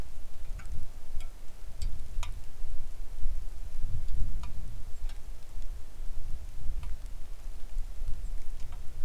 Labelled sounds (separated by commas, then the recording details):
songbird, wind, rain
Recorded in the Arctic National Wildlife Refuge, Alaska, on 3 August 2019 at 09:57
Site 41